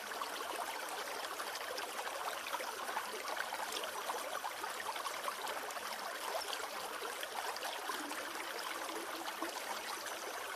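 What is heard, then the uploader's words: Water flows steadily through a forest in autumn, a dense, even trickle that holds the same level from start to finish. The sound sits mostly in the middle and upper range with little low rumble, bright, with tiny splashes flickering throughout. Slightly forest water flow in autumn.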